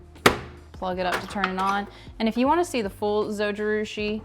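A metal bread pan holding dough is set into the housing of a Zojirushi bread machine and turned to lock, giving one sharp click at 0.3 s where two clicks are expected. The pan is seated, and someone then talks.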